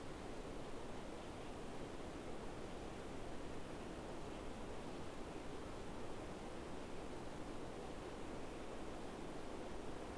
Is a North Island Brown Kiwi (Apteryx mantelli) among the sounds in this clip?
no